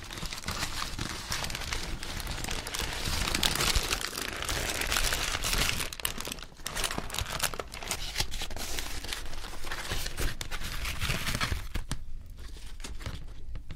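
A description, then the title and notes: Eating for a mukbang feast, a dense, unbroken run of crunchy, crackling chewing and crinkling that stays at an even level throughout. The texture is gritty and bright, with brief dips around six and a half seconds and again near twelve seconds. Mukbang Feast.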